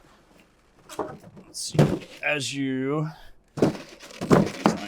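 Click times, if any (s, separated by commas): 4.7 s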